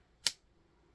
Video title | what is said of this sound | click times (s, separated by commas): Flosstube #1 Introduction & Finish Parade! | It just kind of clicks in place. | 0.3 s